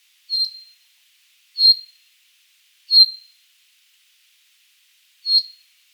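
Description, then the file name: Common chaffinch call: a clear, short, sharp high note repeated four times at uneven gaps of about one to two and a half seconds, with a quiet background. "Fringilla coelebs"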